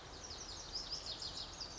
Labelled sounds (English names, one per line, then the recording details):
Lazuli Bunting
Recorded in Sonoma County, California